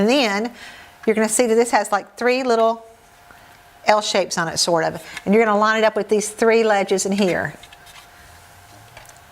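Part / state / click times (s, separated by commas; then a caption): light modifier onto ringflash mount / not seated / none. Someone talks while a Moon Unit light modifier is fitted onto an AlienBees Ringflash mount: its three L-shaped tabs are lined up with three ledges on the ringflash and spun around. Only faint light ticks are heard, near 3.3 s and around 9.0 to 9.1 s. The modifier has not locked or clicked into place yet.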